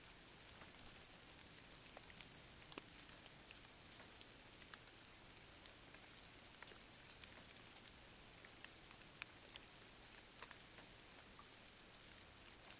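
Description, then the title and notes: Crickets chirping: short, very high pulses repeated in a steady rhythm, with a soft patter of raindrops beneath. Crickets stridulating late on a summer night during gentle rain on vegetation, along an abandoned railway track in Bad Boll, Baden-Württemberg, with the nearby village silent. "Crickets in gentle summer rain. crickets stridulating late at night whilst gentle summer rain falls on the surrounding vegetation. abandoned railway track in Bad Boll, Baden-Württemberg. Colin Hunter. Music for Sleep"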